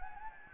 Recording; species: mosquito wingbeat signal from an infrared sensor; Anopheles gambiae